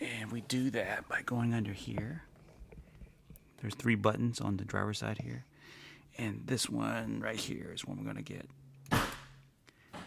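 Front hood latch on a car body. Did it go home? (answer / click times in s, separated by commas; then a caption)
released / 8.9 s. Someone talks while pressing the front hood release button, one of three buttons on the driver's side of a Ferrari 430, to open the front hood as part of a door speaker replacement. The front hood latch on the car body releases with a sharp pop at 8.9 s, and the hood is released.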